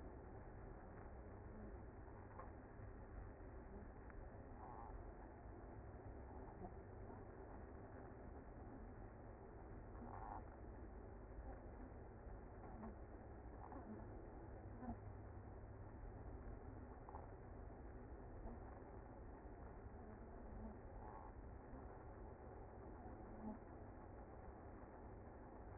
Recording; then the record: honeybee colony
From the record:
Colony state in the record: active